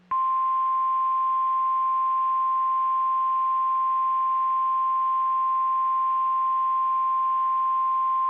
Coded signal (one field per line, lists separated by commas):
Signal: Emergency Alert System (SAME) tones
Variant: 1050 Hz attention tone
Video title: NOAA Weather Radio - FFW (Interrupted)/Severe Thunderstorm Warning [EAS #188-#189] (6/2/22)